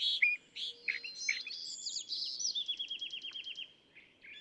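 California thrasher song opening with sharp whistled and harsh notes, then a quick rhythmic run of repeated chirps that trails off.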